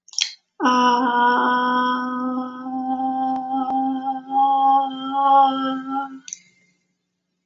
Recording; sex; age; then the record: vowel held as long as possible; female; 18 to 19 years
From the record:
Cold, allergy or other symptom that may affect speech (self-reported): no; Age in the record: 19 years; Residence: Pennsylvania, United States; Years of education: 12